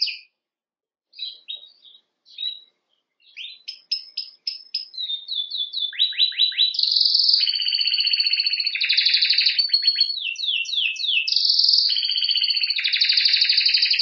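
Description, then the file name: Canary song beginning with scattered short notes, building into fast descending slurs, buzzy rattles and bright sustained trills that continue unbroken to the end. "Canary Voice"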